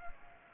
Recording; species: mosquito wingbeat signal from an infrared sensor; Culex pipiens